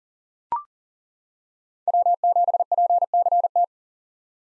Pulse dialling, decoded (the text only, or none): none